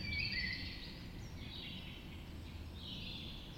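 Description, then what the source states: Dawn chorus of birds, high thin whistles and warbled phrases overlapping, over a steady low rumble of background noise. Dawn chorus recorded just after dawn in the Forest of Dean.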